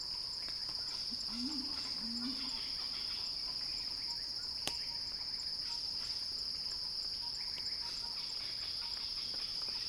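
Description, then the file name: Cicada song, a steady high-pitched buzzing drone held without a break, with a brief low two-part call near the start and a sharp click midway. Cicada song building in a crescendo. "earth-fm Axel-Drioli Cicada-Crescendo-Sounding-Wild"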